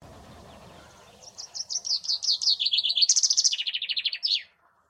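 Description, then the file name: Common chaffinch song: a fast series of repeated high notes in several phrases, falling in pitch overall, ending in a quick emphatic flourish, lasting about three seconds. "Fringilla coelebs"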